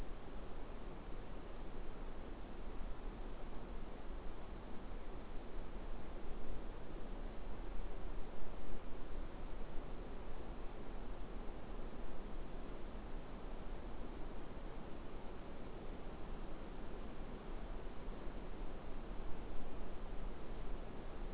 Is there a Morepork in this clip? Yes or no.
no